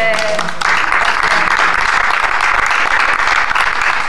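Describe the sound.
A steady burst of audience applause, dense and loud, with many hands clapping continuously for about four seconds, a few voices faintly mixed in at the start.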